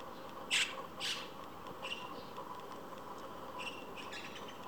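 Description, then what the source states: White-cheeked starling harsh calls: two loud rasping bursts early, then softer scattered calls, over steady background noise. Pairs of starlings lined up evenly on an electric wire, occasionally squabbling noisily with harsh calls.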